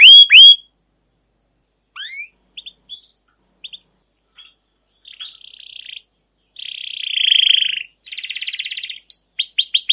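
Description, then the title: Canary giving scattered short chirps and slurred notes, followed by buzzy rolls, a rattling trill and quick sweeping whistles. Long 'gacor' canary song with 'cuit cuit' notes and 'ngerol' rolling trills, used as master lure material to train and prompt other canaries. "CUIT CUIT NGEROL LANGSUNG GACOR PANJANG Kenari Utk Pancingan KENAR. Masteran Suara Burung Kenari Gacor Panjang cuit cuit Ngerol untuk Pancingan Kenari"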